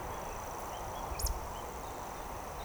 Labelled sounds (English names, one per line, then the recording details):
Eurasian Woodcock
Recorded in Baden-Württemberg, Germany, on 13 June 2020 at 19:19 UTC
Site 43791, 788 m above sea level